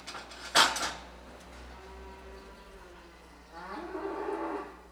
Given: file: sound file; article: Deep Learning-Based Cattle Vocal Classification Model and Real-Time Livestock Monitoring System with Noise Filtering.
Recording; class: cattle; normal call